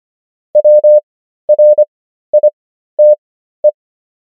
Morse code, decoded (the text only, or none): WRITE